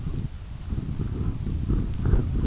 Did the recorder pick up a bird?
no